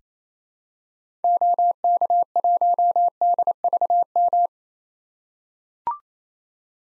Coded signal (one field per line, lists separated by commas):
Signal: Morse code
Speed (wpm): 28 wpm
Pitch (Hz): 700 Hz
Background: none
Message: OK1DVM